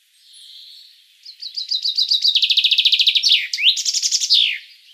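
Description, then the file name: Common chaffinch singing: a soft opening note, then evenly spaced chips running into a fast trill and ending in a quick, swooping terminal flourish. "Fringilla coelebs"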